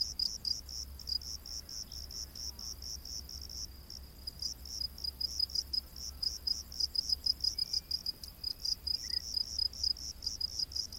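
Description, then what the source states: Cricket chirping, high pulsed chirps repeated steadily, growing louder toward the end, over a faint low hum. Rainforest at night.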